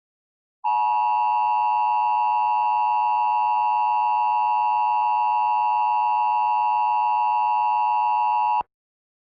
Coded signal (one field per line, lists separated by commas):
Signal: Emergency Alert System (SAME) tones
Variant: 853 and 960 Hz attention tone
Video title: EAS Mock #15: You Know There's A Code For That, Right?